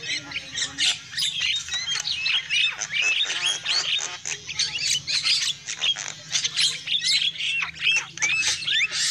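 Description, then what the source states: Noisy lovebird chattering, constant high-pitched squeaks, rasping screeches and little upslurred whistles. Lovebird calls used as a lure for trapping birds.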